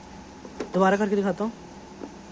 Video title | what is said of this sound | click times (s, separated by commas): Protect your car from monsoon season | अभी सुनना आवाज। ये आवाज आई ना एक | 0.6 s